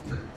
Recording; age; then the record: pig call; growing-finishing pig (85 days or more)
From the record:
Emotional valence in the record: positive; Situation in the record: run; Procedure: transit